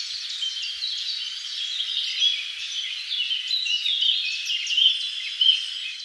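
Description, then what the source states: Forest birds in a busy chorus of overlapping chirps and twittering. Many birds in a forest.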